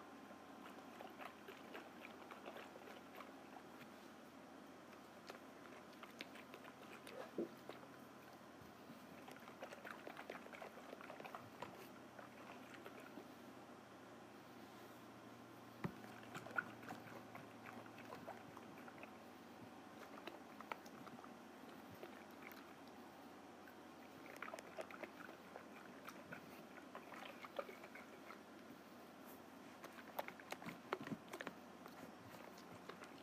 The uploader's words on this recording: ASMR Snow Globe Shaking.